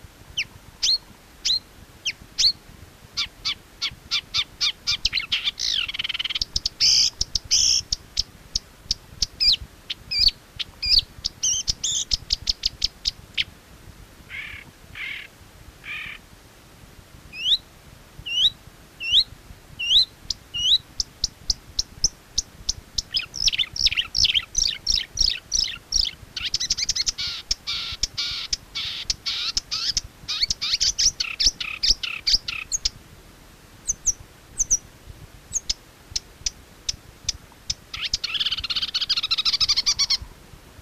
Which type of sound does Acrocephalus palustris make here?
song